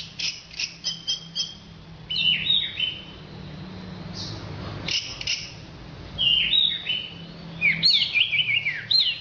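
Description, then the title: Orange-headed thrush singing varied, rapid phrases of sharp clicks, slurred whistles and descending trills, with brief pauses, against a constant low humming background. "Anis Merah"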